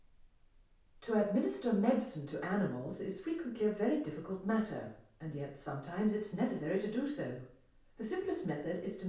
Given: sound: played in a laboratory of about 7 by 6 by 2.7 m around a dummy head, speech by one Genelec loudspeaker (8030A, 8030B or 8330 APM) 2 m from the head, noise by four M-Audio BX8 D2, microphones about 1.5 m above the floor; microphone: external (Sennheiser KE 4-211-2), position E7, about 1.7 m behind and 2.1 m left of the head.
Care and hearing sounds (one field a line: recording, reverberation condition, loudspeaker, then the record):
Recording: female speech in English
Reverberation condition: medium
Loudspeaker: 60 degrees to the right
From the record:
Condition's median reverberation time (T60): about 510 ms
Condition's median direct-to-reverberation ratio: about -0.5 dB